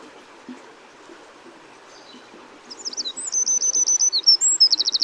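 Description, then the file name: Eurasian Wren song: after quiet background, a loud high-pitched burst of rapid trills and sharp notes starts midway and runs to the end, with a fast buzzy rattle closing. "Troglodytes troglodytes"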